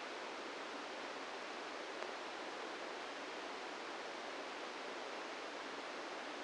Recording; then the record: brain microelectrode recording played as sound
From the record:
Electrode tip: inside the subthalamic nucleus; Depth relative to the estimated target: 0 mm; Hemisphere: right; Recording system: NeuroSet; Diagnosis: Parkinson's disease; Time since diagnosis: 17 years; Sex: male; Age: 64 years